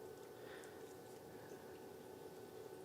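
A small board-to-board connector on a laptop logic board is lined up over its socket and pressed down lightly by finger, since only light pressure is needed. Only a steady, even background hum is heard, with no sharp sounds. Nothing has seated or clicked yet.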